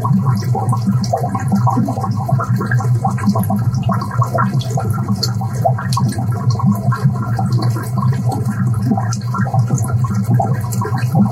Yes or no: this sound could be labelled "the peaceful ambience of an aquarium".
yes